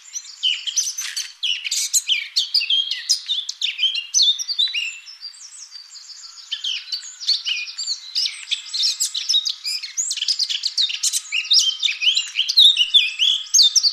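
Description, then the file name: Eurasian blackcap song, dense fast twittering and chattering with sharp clicking notes, briefly softer midway, then resuming as a rapid jumble of high phrases. "Sylvia atricapilla"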